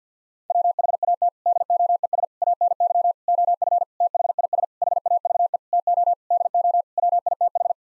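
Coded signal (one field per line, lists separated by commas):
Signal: Morse code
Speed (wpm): 50 wpm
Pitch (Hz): 700 Hz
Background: none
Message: WHAT DOES ANY OF THIS HAVE TO DO WITH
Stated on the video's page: Morse code practice at 50 wpm, nine-word groups for head-copying.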